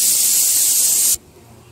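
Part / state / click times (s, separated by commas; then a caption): second beater blade into hand mixer socket / not seated / none. A second metal beater is being pushed toward the other socket of a plastic Scarlett 7-speed hand mixer. A loud, steady, spray-like hiss fills the first 1.1 seconds, then cuts off abruptly to near silence. Nothing has seated or clicked yet.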